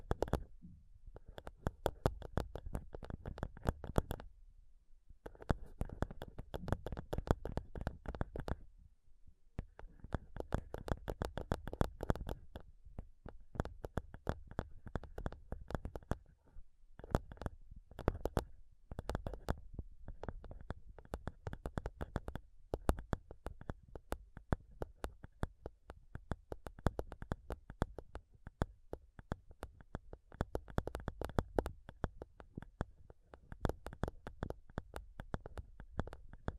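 Fingernails tap rapidly on a microphone, making a dense stream of sharp clicks over a deep, thumping undertone. The tapping runs almost nonstop, broken by brief pauses near 4, 9 and 16 seconds, with bursts shifting in speed and loudness.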